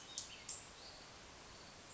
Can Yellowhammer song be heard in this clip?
no